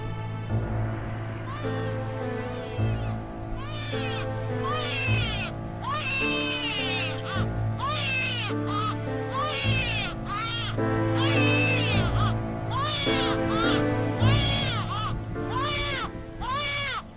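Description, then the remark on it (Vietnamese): A newborn baby cries loudly and without pause, a string of high, wavering wails rising and falling in pitch, over a steady low droning hum. “Khóc như xé vải vang lên. Đó chính là tín hiệu của sự sống được nảy mầm.”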